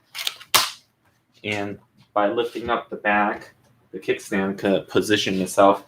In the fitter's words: the magnet pucks locks into place